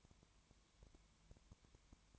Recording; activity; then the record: daily activity, microphone in the room; no activity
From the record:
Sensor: 3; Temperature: 20.1 degrees Celsius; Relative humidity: 31.4%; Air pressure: 1001.3 hPa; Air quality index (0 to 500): 74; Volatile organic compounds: 1 ppm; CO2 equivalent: 696 ppm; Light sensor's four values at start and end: 2/3/2/2 and 2/3/2/2